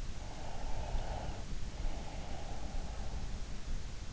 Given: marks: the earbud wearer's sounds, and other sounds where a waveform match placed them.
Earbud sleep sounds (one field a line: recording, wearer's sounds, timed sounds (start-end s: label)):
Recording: sounds in sleep by an in-ear microphone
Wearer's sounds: breath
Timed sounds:
0.23-3.21 s: breath